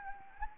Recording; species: mosquito wingbeat signal from an infrared sensor; Anopheles gambiae